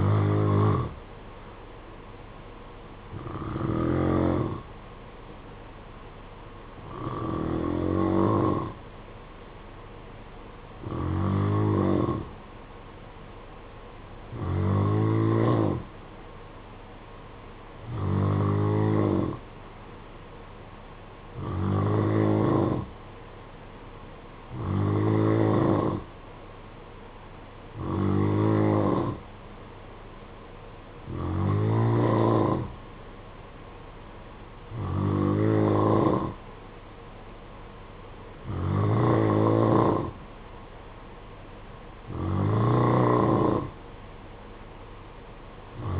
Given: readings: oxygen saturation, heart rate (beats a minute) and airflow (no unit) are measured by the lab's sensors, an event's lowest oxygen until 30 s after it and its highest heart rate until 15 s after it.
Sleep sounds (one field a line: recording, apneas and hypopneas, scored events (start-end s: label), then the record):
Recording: breathing in sleep by a voice recorder at the bedside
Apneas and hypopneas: none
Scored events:
none scored
From the record:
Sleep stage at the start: N2 (light sleep)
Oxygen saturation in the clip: 90 to 91%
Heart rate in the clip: 56 to 62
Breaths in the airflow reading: 13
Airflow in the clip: -5.8 to 4.5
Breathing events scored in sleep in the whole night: 476 in 9.7 hours asleep